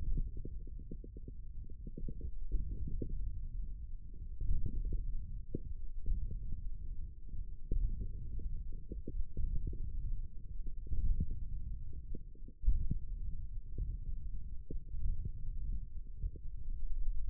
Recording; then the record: forearm muscle sounds (acoustic myography)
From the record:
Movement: hand closing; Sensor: system 1, eight BSWA MPA416 microphones around the upper forearm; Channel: 3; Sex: male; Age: 18 years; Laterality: right